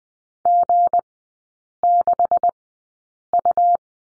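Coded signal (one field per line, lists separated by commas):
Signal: Morse code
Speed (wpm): 20 wpm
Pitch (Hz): 700 Hz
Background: none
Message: G6U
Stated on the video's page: Morse code course lesson on the number 9 in three-character groups, at Farnsworth speed of 20/10 wpm.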